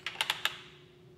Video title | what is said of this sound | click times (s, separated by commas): Auto Lab Basics: Air Hose, Impact Gun & Sockets | let it go slowly and now it locks in place | 0.1 s, 0.2 s, 0.3 s, 0.5 s